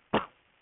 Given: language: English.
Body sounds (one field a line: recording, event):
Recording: throat vibration sensor signal played as sound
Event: cough